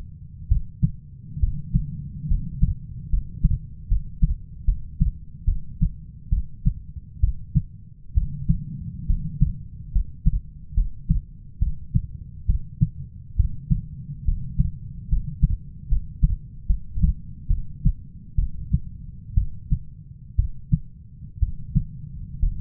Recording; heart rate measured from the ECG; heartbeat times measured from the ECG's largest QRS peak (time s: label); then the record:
heart sounds by stethoscope; 68 bpm
0.48 s: heartbeat
1.40 s: heartbeat
2.28 s: heartbeat
3.10 s: heartbeat
3.88 s: heartbeat
4.65 s: heartbeat
5.45 s: heartbeat
6.30 s: heartbeat
7.20 s: heartbeat
8.14 s: heartbeat
9.07 s: heartbeat
9.92 s: heartbeat
10.75 s: heartbeat
11.59 s: heartbeat
12.46 s: heartbeat
13.36 s: heartbeat
14.25 s: heartbeat
15.09 s: heartbeat
15.89 s: heartbeat
16.67 s: heartbeat
17.48 s: heartbeat
18.36 s: heartbeat
19.34 s: heartbeat
20.36 s: heartbeat
21.39 s: heartbeat
22.39 s: heartbeat
From the record:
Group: healthy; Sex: female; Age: 37 years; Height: 168 cm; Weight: 70 kg